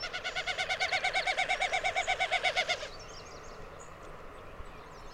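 Bird song: a fast run of nasal, harmonic-rich notes lasting almost three seconds before stopping, with faint high chirps from other birds behind.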